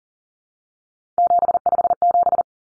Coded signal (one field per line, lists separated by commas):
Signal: Morse code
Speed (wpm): 40 wpm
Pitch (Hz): 700 Hz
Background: none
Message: 757